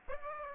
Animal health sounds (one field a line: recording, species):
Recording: mosquito wingbeat signal from an infrared sensor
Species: Aedes aegypti